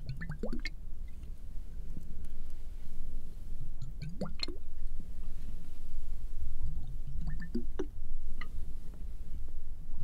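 Water drops fall in a few distinct, wet plops that rise quickly in pitch, near the start, around four seconds, and near eight seconds, with smaller bright ticks between them. A steady low rumble runs underneath the whole time.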